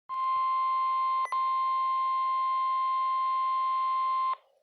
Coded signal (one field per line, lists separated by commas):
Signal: Emergency Alert System (SAME) tones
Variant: 1050 Hz attention tone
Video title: EAS #475- River Flood Warning on KZZ78